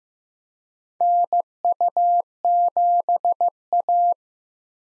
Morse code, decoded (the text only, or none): NU7A